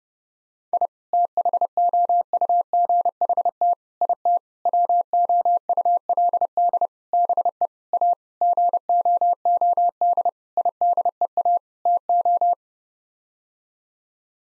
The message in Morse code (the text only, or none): I THOUGHT IT WOULD BE A GOOD IDEA TO